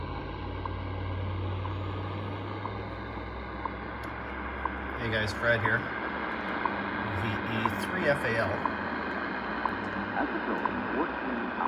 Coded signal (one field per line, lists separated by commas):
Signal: radio time signal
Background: speech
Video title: Yaesu FRG-7 on 15 megs WWV on loop antenna in room Oct 4 2023